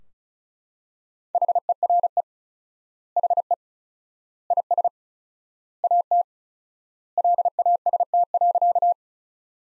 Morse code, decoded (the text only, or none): HERE HE IS AT LAST.